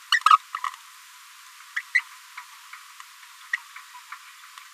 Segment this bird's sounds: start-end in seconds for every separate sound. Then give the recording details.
0.12-0.20, 0.25-0.39, 0.54-0.60, 1.76-1.82, 1.94-2.01, 2.37-2.40, 4.12-4.15. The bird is a female. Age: 28 days. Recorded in a nest box in Venezuela. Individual 17B73B4